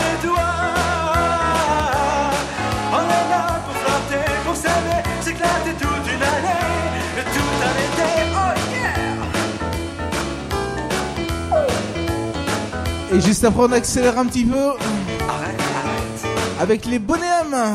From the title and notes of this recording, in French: Voici une soirée de vendredi vraiment sympa au bowling st savin.